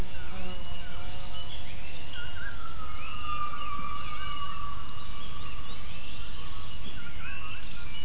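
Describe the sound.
Gibbon calls: several overlapping whistled notes sweeping up and down, with one long, steady, slightly falling tone in the middle, over a constant low rumbling background.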